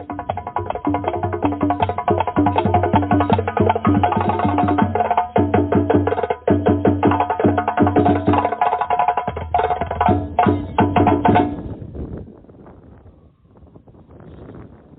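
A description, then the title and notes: Fast, dense drumming with steady, regular hits and a strong low, booming tone under a muddier mid-range ring. The beating stays busy and even until about eleven and a half seconds, then stops abruptly, leaving a quieter, rough fading rumble. Drumming.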